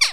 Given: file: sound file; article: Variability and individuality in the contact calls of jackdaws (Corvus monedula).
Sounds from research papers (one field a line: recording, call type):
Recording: jackdaw call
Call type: harmonic